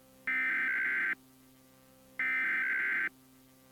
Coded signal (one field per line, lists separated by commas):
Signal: Emergency Alert System (SAME) tones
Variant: header bursts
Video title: Emergency alert system tornado warning in 2004